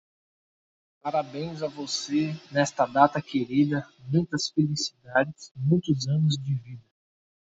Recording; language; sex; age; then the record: short text; Brazilian Portuguese; male; 20 to 29 years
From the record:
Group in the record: control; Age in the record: 29 years